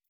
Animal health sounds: hydrophone in a shrimp aquaculture tank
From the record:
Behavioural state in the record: weakened

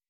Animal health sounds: hydrophone in a shrimp aquaculture tank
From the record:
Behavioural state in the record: weakened

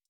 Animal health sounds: hydrophone in a shrimp aquaculture tank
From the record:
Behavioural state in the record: stressed

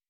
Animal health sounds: hydrophone in a shrimp aquaculture tank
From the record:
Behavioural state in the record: weakened

